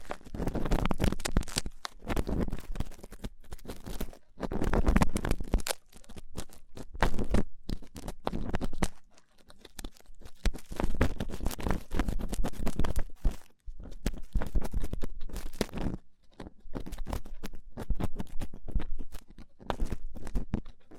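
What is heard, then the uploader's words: Rough ear cleaning: dense, irregular scratching and crackling rubs in uneven bursts, with brief quiet gaps around ten and sixteen seconds. ASMR Rough Ear Cleaning (No Talking).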